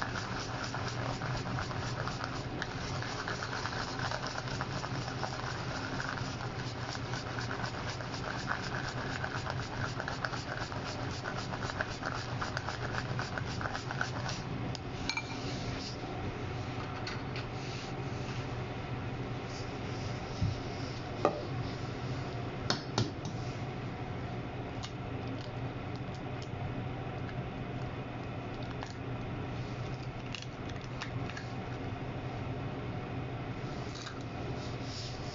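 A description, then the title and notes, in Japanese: Eggs with natto are stirred and then cooked in a pan. Quick, uneven clicking and scraping fill the first fifteen seconds, then give way to a steadier low hum and sizzle with occasional sharp taps around twenty to twenty-three seconds. 納豆オムレツを混ぜる。納豆オムレツを混ぜている音～焼いている最中の音をお送りします。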